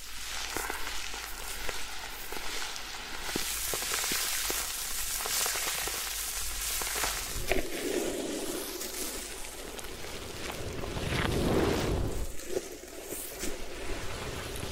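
A head spa hair wash: a steady, bright rush like running water or foamy scrubbing fills the whole clip, dotted with quick crackles and clicks. The sound swells fuller and lower around the eighth second and again near the eleventh to twelfth.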